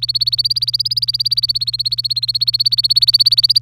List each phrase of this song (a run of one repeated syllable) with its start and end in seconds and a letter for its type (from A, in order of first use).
0.00-3.59 A